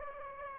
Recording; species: mosquito wingbeat signal from an infrared sensor; Aedes aegypti